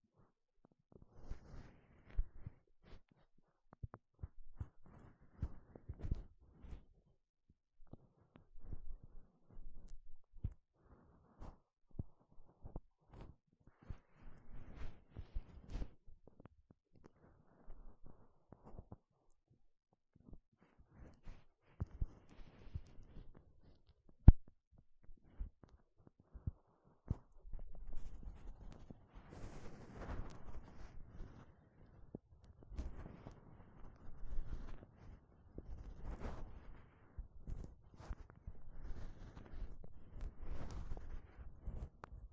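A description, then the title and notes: Gloves rustle and snap in quick, irregular bursts of low creaking and rubbing, growing denser and busier after about twenty-seven seconds. 5 different GLOVES Sounds. (No Talking).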